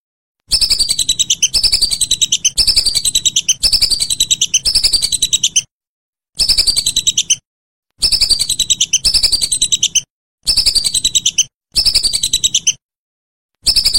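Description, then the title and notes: Whistling duck uttering repeated bursts of shrill whistled notes, each phrase about a second long, broken by brief silences. "Kicau Burung Belibis"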